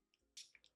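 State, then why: Not seated. A plastic retaining clip on a hard drive in a TerraMaster F4-425 PLUS NAS's tool-less plastic drive tray is handled as its side rail is fitted onto the drive. Faint ticks are followed by a brief bright scrape of plastic around 0.4 s, then a few small taps. Nothing has seated or clicked yet.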